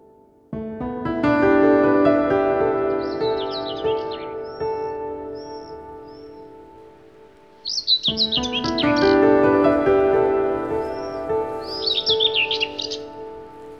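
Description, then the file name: Bird singing three bright, rapid twittering phrases separated by gaps, with a few thin whistles and steady droning music chords throughout. "Bird Song Group - Chirping"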